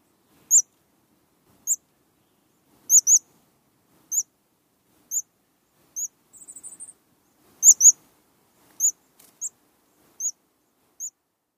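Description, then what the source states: Chestnut-backed chickadee giving very high, thin seet notes. There are about a dozen short notes at irregular intervals, and a brief faint buzzy trill comes midway. Seet call, played back as a mystery sound, distinct from the species' usual chickadee-dee-dee call.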